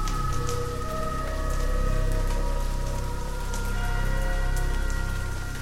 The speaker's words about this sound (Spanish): he decidido dejar de fondo esta tormenta que hay allá afuera.